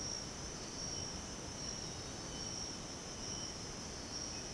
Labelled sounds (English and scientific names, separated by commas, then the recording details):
none
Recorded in dense forest near Puerto Asís, Putumayo, Colombia, on 13 March 2025 at 05:30
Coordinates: 0.486, -76.317
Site G053